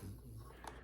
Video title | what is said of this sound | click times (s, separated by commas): Does the HoneyBull Shower Mirror Really Stay Fog-Free? | will just uh clip right in. | 0.7 s